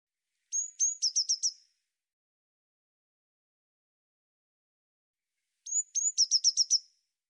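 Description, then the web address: Eurasian blue tit, high-pitched call phrase: a pair of thin drawn-out notes leading into a fast trill of short notes. It repeats once after a long silent gap. "cianscape birddata Deverinetal 2025 File cleaned normalized Bird Cy Ca"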